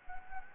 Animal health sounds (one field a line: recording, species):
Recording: mosquito wingbeat signal from an infrared sensor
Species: Anopheles gambiae